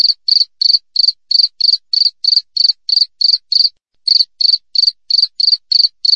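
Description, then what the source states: Cricket chirps repeated quickly and evenly, each a brief high buzzy pulse, with one short silent break before the rhythm resumes. Clear wild cricket chirping with tightly spaced pauses, used as tutor audio for songbirds and to drive away rats.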